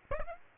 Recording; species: mosquito wingbeat signal from an infrared sensor; Aedes aegypti